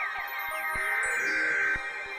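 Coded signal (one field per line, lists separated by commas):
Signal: Emergency Alert System (SAME) tones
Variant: header bursts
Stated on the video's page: EAS alerts relayed by WBAP after a lightning strike.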